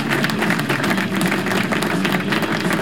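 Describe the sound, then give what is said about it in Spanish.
A steady wash of crowd applause, a sound effect played from the console of the Metal PR radio studio, many hands clapping in a dense, continuous patter at an even loudness for a few seconds, with no voices over it. “¿Dónde están los aplausos? Tíralos ahí en la consola.”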